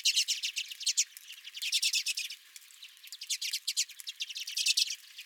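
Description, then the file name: Redpoll flock chatter: fast, high, rattling call notes in clustered bursts with brief quieter gaps. Several redpolls at the recordist's own feeder. "Redpolls at My Feeder"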